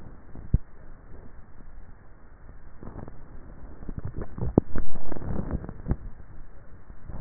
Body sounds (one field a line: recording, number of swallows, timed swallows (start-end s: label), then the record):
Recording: swallowing sounds by neck microphone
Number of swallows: 1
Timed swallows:
4.15-5.12 s: swallow
From the record:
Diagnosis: dysphagia